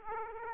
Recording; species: mosquito wingbeat signal from an infrared sensor; Aedes aegypti